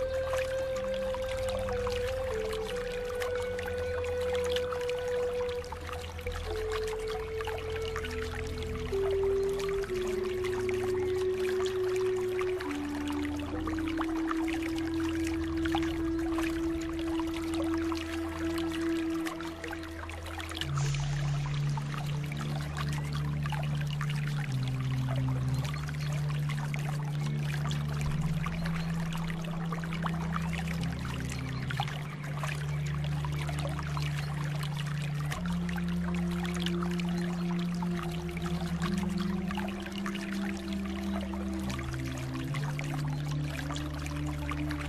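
Steady flowing water runs throughout, a constant dense wash over which slow, deep music plays. A sustained melody descends gradually in the first twenty seconds, then shifts lower, moving in slow stepped notes over a low, pulsing bass that continues to the end.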